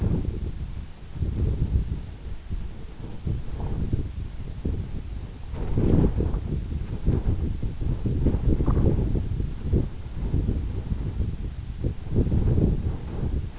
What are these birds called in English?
none